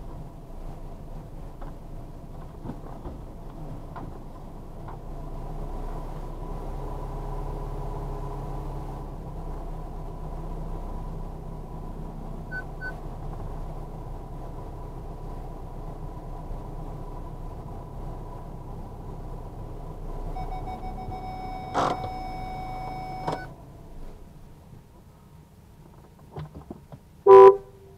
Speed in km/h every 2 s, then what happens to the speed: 4, 0, 0, 0, 0, 0, 0, 0, 0, 0, 0, 0, 0, 0.
1-28 standing.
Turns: none.